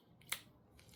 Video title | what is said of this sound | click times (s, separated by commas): ACTION PLASTICS. 2008 LECACY MILLENIUM FALCON STAND. @ActionPlastics | Good. Yep. I hear that click. I'm happy. | 0.3 s